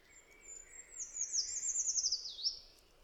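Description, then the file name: Eurasian treecreeper sings a high, thin series of notes that speeds into a descending trill and ends with a brief rising twist, with faint lower birdsong and hiss behind. "Pelzacz lesny"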